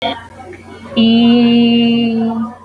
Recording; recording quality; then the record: sustained vowel as in beet; excellent, no background noise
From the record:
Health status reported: healthy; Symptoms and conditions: fever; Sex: female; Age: 27 years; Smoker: not ticked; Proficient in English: yes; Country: India